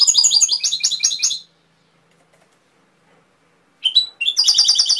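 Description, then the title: Canary song: a fast trilled phrase, about two seconds of silence, then a short note and another rapid high trill. Canary training (masteran) song with full fill-in (isian) phrases. "mster Mnuk. Masteran Kenari Full Isian"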